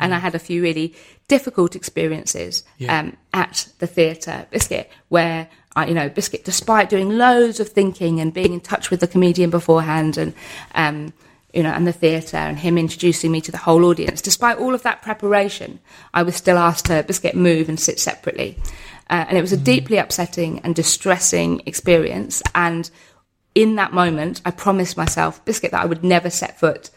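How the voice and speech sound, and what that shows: An adult woman speaks fluently in a small room, breaking into her sentences five times with the out-of-context word "biscuit", once as a sharp exclamation. These are involuntary vocal tics of Tourette syndrome: repeated words unrelated to what she is saying.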